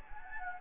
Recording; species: mosquito wingbeat signal from an infrared sensor; Anopheles gambiae